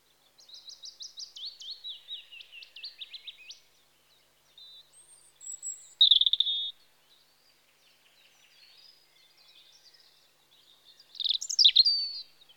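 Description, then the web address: European robin song in several separate phrases: a fast run of thin ticking notes, a sweet high trill, then a later squeaky, sharply rising and falling flourish. Recorded in spring. "The BBC Sound Effects Library. Robin (Erithacus Rubecula) Spring"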